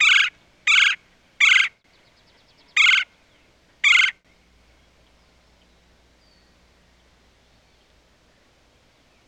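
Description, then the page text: Red-bellied woodpecker giving short, harsh rolling churr calls: three close together, then two more spaced about a second apart, followed by quiet. "Red Bellied Woodpecker. Quick Sounds"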